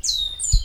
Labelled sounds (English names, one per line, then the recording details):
Stitchbird song
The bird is a male
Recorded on Tiritiri Matangi Island, New Zealand, in 2005
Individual 19, of nest box 27